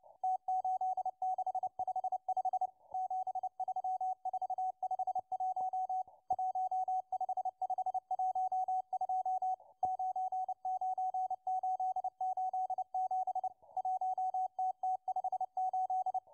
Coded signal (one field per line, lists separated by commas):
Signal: Morse code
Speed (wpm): 29 wpm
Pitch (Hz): 750 Hz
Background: radio noise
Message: T8655 73451 15512 99887 1TT58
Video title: 11139kHz CW Russian Morse Number Station M12 (08.04.2024)